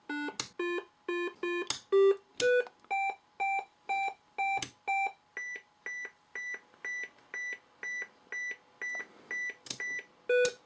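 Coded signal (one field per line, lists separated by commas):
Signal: none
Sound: synthesized note beeps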